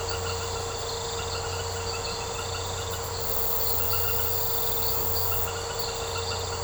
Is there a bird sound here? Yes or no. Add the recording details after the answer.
no. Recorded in secondary vegetation near Puerto Asís, Putumayo, Colombia, on 13 March 2025 at 22:00. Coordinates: 0.468, -76.324. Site G059